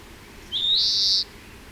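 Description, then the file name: European greenfinch wheeze call: a single drawn-out nasal buzz, rising at the start then held level for under a second, over quiet background. "Chloris chloris"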